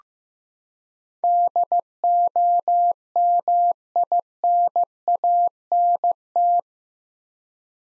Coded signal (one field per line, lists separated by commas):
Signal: Morse code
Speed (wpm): 16 wpm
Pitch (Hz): 700 Hz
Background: none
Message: DOMINANT